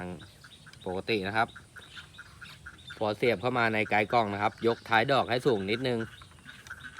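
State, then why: Seated. Someone talks while a spear shaft is slid into the trigger box of a marid-wood speargun, with the shaft's tail lifted slightly. The shaft is then pushed in and gives a short click at 6.7 s as it locks in place, seated.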